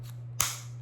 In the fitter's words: you hear that, it clicks in.